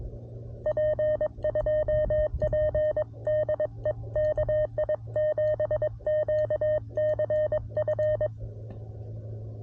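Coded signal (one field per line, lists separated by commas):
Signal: Morse code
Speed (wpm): 22 wpm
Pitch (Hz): 610 Hz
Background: none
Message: P2P DE KI7QCF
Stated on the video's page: CW park activation on a CFT1 transceiver with MC-750 antenna, T1 tuner and paddle.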